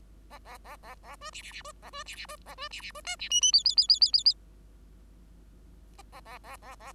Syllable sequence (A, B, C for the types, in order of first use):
A A A A A B C C C B A B C C B A B C C B D C E E F F F F F F F A A A A A